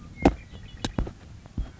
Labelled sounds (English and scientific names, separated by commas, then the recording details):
Red-winged Blackbird (Agelaius phoeniceus)
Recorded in Sonoma County, California